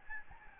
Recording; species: mosquito wingbeat signal from an infrared sensor; Aedes albopictus